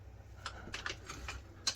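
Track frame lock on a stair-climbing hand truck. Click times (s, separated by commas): 1.7 s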